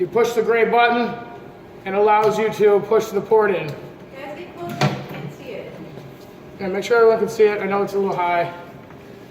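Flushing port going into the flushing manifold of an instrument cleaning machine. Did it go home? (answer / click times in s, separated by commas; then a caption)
yes / 4.8 s. Someone talks while pressing the gray release button on the flushing manifold of a Sharpertek Medical tabletop instrument cleaning machine and pushing the flushing port in. A single sharp click is heard at 4.8 seconds, and the port is seated in the manifold.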